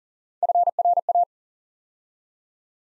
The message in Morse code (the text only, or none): FRA